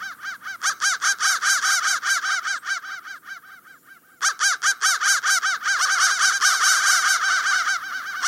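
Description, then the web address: Harsh crow caws repeated quickly, easing briefly around the middle before building into a dense, continuous series. "soundfactory crow"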